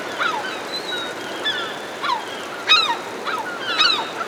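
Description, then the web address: Herring gull calls, scattered downslurred yelps spaced unevenly over a soft hiss. Several herring gulls hovering overhead. "210 Nature Sounds - 20 Hours of Relaxing Natural Ambiences for Meditation and Sleep Herring Gulls Hovering Overhead"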